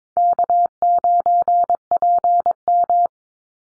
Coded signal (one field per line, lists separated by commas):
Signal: Morse code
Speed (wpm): 22 wpm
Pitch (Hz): 700 Hz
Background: none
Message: K9PM